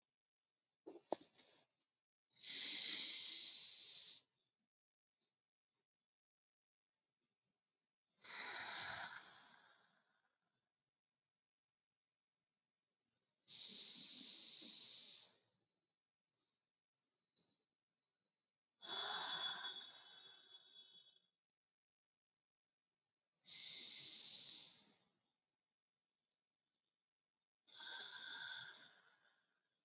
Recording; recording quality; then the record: deep breathing; excellent, no background noise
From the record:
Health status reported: COVID-19 positive, mild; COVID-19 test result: positive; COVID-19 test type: RT-PCR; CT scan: not taken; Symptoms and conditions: cough, cold, fever, fatigue, muscle pain, loss of smell and taste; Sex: male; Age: 27 years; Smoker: no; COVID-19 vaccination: both doses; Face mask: not worn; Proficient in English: yes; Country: India